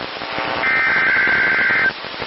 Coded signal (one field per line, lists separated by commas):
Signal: Emergency Alert System (SAME) tones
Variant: header bursts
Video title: KEC57 Required Weekly Test (EAS #748) 8/16/23